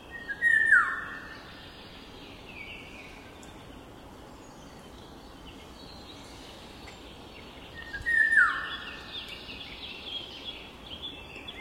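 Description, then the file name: Eurasian golden oriole repeating a brief fluty whistle twice, about seven seconds apart, with a few faint high chirps from other birds between. "Sykofagos"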